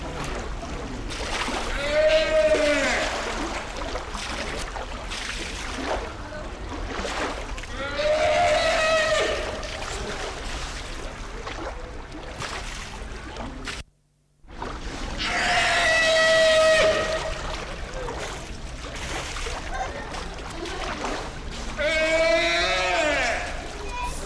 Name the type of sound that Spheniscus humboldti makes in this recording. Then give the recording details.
call. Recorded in captivity. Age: adult. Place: Zoo Berlin, Berlin, DE. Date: 1993-01-01 13:22. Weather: sonnig, -6°C. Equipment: Marantz CP 430, Sennheiser ME 80, Kopie Uher Variocord 263. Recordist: Tembrock, Günter. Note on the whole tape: Langlaute und Lautfolgen mehrerer Exemplare